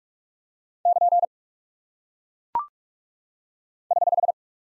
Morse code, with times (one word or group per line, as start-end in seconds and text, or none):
0.9-1.2 <KN>
3.9-4.3 <HH>